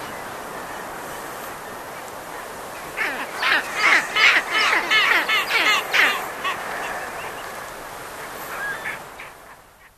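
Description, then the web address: South polar skua calls, a run of harsh, rapid repeated notes over about three seconds midway, then fading, with a steady wash of background noise throughout. "earth naturelibrary assets s so south polar skua"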